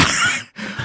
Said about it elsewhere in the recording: The sickness that I've been down with. When you're sneezing and you're coughing, that's what it sounds like.